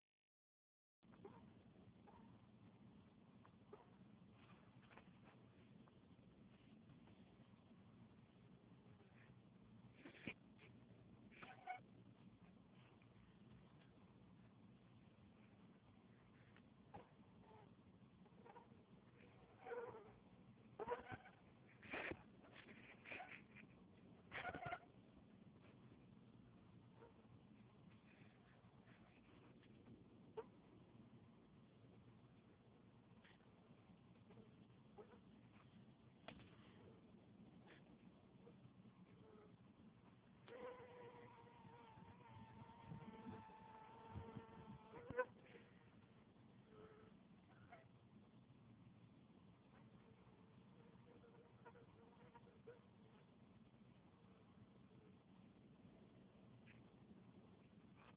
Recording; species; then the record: mosquito flight sound by mobile phone; Anopheles albimanus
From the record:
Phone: Huawei 866C